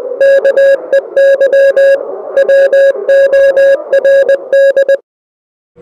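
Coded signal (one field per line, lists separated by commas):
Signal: Morse code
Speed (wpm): 20 wpm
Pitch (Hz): 550 Hz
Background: music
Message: KEY WORD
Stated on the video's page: Morse code in the Unity game No Players Online, part of its puzzle/ARG.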